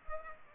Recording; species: mosquito wingbeat signal from an infrared sensor; Culex pipiens